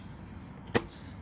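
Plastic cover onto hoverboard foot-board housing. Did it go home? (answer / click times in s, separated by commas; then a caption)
yes / 0.8 s. A plastic cover is pressed onto a hoverboard foot-board housing until it snaps in. One sharp, short pop at 0.8 s rises well above a low steady background. The cover is seated.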